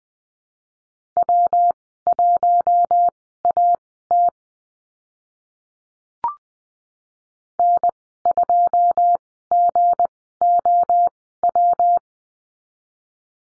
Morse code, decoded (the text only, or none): W1AT N2GOW